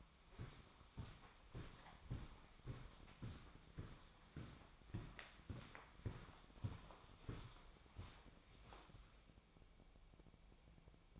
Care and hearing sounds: daily activity, microphone in the room; walk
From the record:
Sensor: 1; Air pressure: 1009.3 hPa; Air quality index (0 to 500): 187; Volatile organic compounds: 4 ppm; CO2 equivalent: 1576 ppm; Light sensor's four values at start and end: 52/139/57/70 and 51/139/57/69

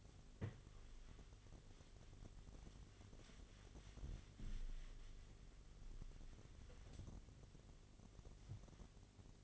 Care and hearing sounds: daily activity, microphone in the room; wipe stove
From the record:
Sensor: 4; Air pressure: 1007.8 hPa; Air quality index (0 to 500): 195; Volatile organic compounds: 7 ppm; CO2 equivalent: 1948 ppm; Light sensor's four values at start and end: 23/72/27/26 and 22/71/27/26

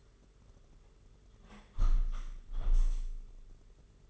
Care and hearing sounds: daily activity, microphone in the room; close window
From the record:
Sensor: 4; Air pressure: 992.1 hPa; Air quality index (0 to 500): 105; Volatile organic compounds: 15 ppm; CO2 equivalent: 2503 ppm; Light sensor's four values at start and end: 23/78/28/30 and 22/77/28/30

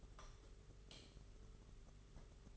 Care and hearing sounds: daily activity, microphone in the room; light off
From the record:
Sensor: 4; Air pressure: 991.8 hPa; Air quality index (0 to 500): 98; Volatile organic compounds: 11 ppm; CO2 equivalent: 2288 ppm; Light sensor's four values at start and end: 9/25/9/11 and 7/16/6/6

